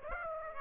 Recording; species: mosquito wingbeat signal from an infrared sensor; Aedes aegypti